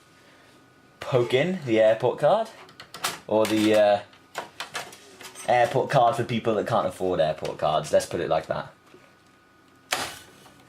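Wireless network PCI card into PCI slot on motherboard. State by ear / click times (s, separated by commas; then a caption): seated / 9.9 s. Someone talks while a wireless networking PCI card, an AirPort card, is pushed into the PCI slot on the motherboard of a PowerMac G4 MDD, with a few small knocks around 4.4 to 5.2 seconds. One sharp snap at 9.9 s marks the card seating firmly in the slot.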